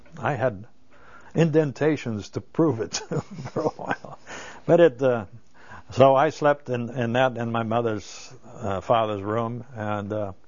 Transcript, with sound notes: had indentations to prove it for a while. ( he laughs ) But, so I slept on that in my mother and father's room, and